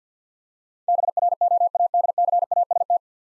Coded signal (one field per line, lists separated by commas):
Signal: Morse code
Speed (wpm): 50 wpm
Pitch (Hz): 700 Hz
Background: none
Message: BROADCAST